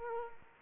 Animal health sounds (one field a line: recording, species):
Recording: mosquito wingbeat signal from an infrared sensor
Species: Aedes aegypti